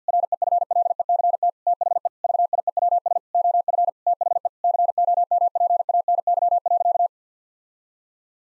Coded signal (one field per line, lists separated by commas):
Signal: Morse code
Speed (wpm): 50 wpm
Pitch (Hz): 700 Hz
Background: none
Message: REFLECT THE VIEWS OF THE COMPANY.